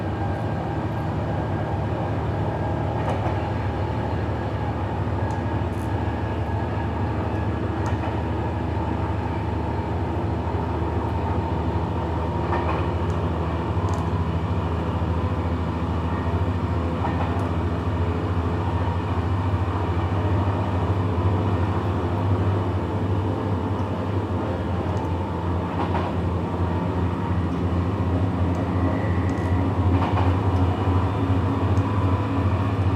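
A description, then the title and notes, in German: Inside a train carriage on an evening ride, a steady low rumble and rattle of the tracks fills the whole clip. Faint clicks and brief knocks surface every few seconds, and a short tone appears near the end, with no voices. Abendliche Zugfahrt, ratternde Gleise | Train ride, rattling tracks. Entspanne mit dem beruhigenden Rattern einer abendlichen Zugfahrt, kaum Menschen und viel Stille im Abteil.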